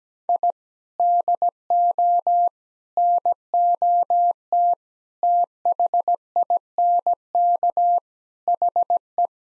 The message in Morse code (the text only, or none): I DO NOT THINK HE